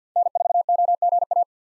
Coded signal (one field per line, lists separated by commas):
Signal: Morse code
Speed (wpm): 50 wpm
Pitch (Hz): 700 Hz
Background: none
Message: N4OGA